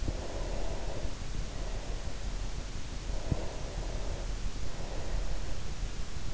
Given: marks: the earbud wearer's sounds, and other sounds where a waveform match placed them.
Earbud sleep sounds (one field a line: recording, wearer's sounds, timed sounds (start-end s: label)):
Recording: sounds in sleep by an in-ear microphone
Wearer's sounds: breath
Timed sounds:
0.28-2.62 s: breath
3.14-6.00 s: breath